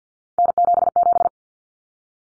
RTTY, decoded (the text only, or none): none